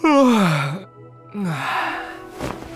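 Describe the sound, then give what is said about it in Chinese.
A young man in a cloud-patterned robe lets out a long, voiced yawn whose pitch slides downward, breaks off briefly, then trails into a softer, lower drawn-out breath, as he sits down on the Yanguitai terrace in Tianqi City. “天启城燕归台上，穿着飞云纹长袍的少年郎打了个哈欠坐了下来。”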